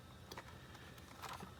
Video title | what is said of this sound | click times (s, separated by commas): Playmobil the Movie - Porsche Mission E Unboxing | it should he says just click into place which it does | 0.3 s